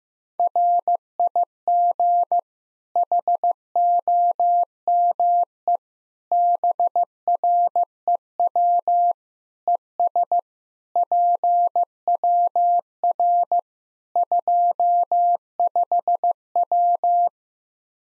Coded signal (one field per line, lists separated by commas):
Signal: Morse code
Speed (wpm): 16 wpm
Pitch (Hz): 700 Hz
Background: none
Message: RIG HOME BREW ES PWR 25W